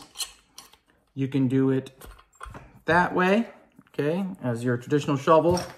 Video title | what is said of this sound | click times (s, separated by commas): Camping Survival Shovel Review | it does lock in place | 0.6 s